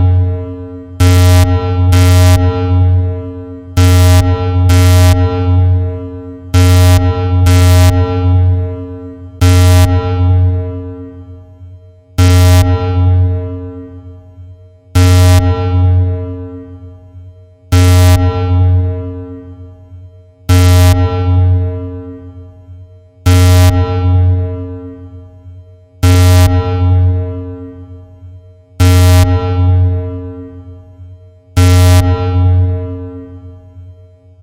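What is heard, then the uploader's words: A massive alarm tone sounds over and over, each blast starting with a sharp bright attack and then a deep, booming ring that slowly fades. The first few come in quick pairs, then single hits repeat steadily about every three seconds. Nuclear Alarm - Sound Effect. Massive nuclear alarm sound effect.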